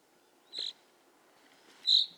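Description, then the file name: Common chaffinch calls: two short, sharp high notes, with quiet background. "Fringilla coelebs"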